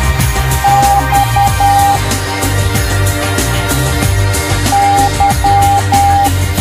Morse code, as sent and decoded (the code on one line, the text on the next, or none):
-..- / -.--
X Y